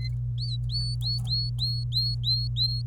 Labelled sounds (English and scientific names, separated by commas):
Domestic Canary (Serinus canaria) song